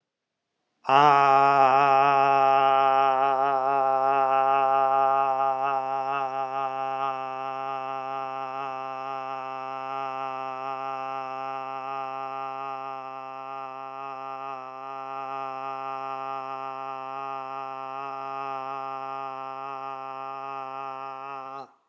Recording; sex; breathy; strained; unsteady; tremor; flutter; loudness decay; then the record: sustained vowel /a/; male; absent; absent; present; present; absent; present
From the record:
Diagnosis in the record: healthy control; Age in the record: 68 years